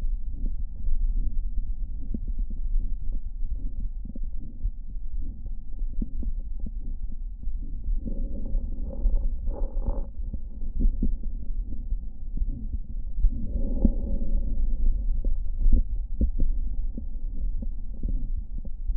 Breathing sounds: lung sounds by stethoscope; left anterior apical chest; quiet breathing, then deep breathing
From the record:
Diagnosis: interstitial lung disease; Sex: male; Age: 72 years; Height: 170 cm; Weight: 62.9 kg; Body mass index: 21.8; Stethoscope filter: diaphragm mode

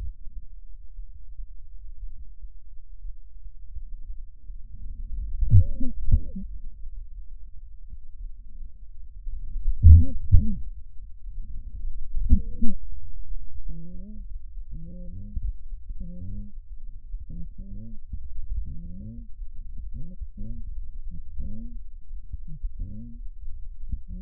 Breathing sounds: lung sounds by stethoscope; left anterior apical chest; quiet breathing, then cough and speech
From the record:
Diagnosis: COPD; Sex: female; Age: 68 years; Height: 150 cm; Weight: 70 kg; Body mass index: 31.1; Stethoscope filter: bell mode

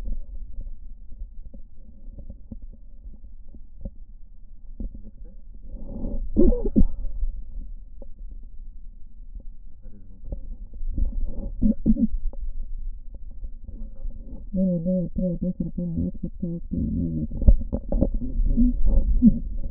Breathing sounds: lung sounds by stethoscope; right posterior basal chest; quiet breathing, then cough and speech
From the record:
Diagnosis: interstitial lung disease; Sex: female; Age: 70 years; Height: 160 cm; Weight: 93 kg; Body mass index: 36.3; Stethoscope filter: diaphragm mode

